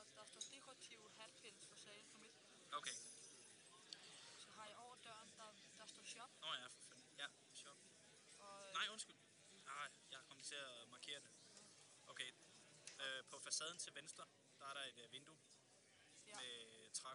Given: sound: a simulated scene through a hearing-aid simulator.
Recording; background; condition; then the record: conversation; cafeteria; +4 dB SNR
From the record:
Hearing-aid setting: standard clinical setting (NAL); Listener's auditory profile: C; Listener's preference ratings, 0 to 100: 26, 99, 75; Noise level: 65 dB SPL